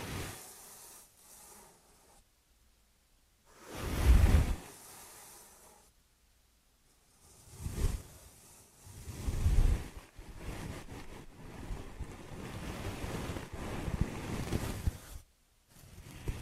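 Ear and scalp massage: rough, rushing rubbing in uneven bursts, loudest around four and eight seconds, with brief silent pauses between strokes.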